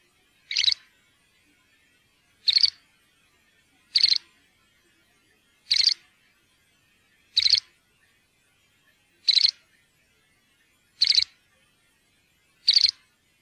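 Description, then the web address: Great grey shrike repeating a short harsh call eight times, about every one and a half to two seconds, in an otherwise quiet setting. "fuglelyder- varsler"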